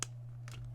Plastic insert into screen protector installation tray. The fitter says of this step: and we're going to place it right in the top here you'll hear a little click